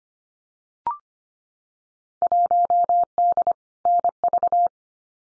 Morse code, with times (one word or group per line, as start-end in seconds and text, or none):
2.2-3.5 1D
3.9-4.7 NV